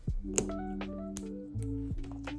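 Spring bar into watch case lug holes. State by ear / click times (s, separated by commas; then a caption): seated / 0.4 s, 1.2 s. A spring bar holding the strap is fitted between the lugs of a freshly polished gold watch case, its spring-loaded ends snapping into the lug holes with sharp clicks at 0.4 s and 1.2 s over steady background music. The spring bar is seated in the lug holes.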